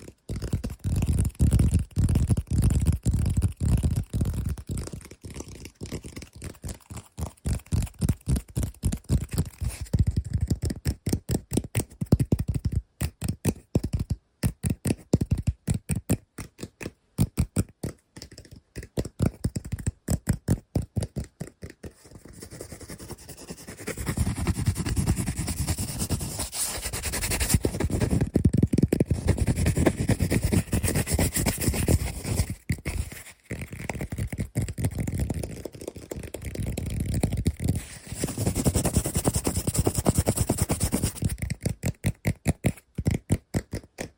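Fast, aggressive tapping and scratching runs throughout, with dense rapid taps packed tightly in the first twenty seconds. After about 22 seconds it shifts toward longer, rougher scratching strokes in sustained bursts, broken by brief pauses near 27, 33 and 38 seconds.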